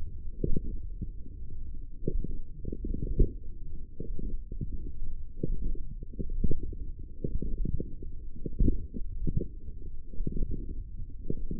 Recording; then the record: forearm muscle sounds (acoustic myography)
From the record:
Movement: forearm supination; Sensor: system 1, eight BSWA MPA416 microphones around the upper forearm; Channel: 6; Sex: male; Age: 42 years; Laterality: right